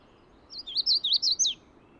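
Magnolia warbler giving a single short song of high, warbled slurred notes lasting about a second, closing with an abrupt upward then downward note over faint low hiss.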